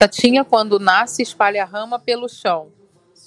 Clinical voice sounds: short text; Brazilian Portuguese; female; 40 to 49 years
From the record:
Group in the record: control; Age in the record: 48 years

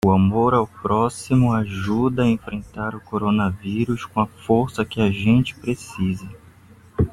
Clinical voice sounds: spoken sentence; Brazilian Portuguese; male; 30 to 39 years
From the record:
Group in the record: control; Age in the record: 33 years

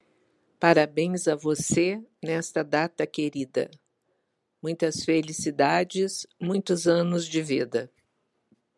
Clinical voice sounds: short text; Brazilian Portuguese; female; 60 to 69 years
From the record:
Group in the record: control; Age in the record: 65 years

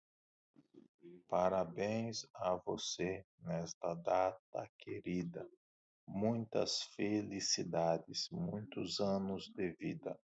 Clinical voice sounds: short text; Brazilian Portuguese; male; 30 to 39 years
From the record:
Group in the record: control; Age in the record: 37 years

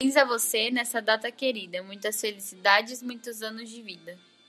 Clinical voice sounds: short text; Brazilian Portuguese; female; 18 to 19 years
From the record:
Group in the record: control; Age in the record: 19 years

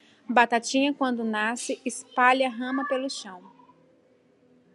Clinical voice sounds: short text; Brazilian Portuguese; female; 30 to 39 years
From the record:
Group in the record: control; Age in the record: 35 years

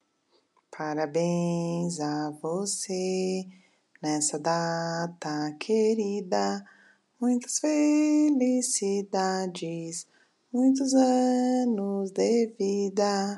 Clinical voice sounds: short text; Brazilian Portuguese; female; 40 to 49 years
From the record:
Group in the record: control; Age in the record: 43 years

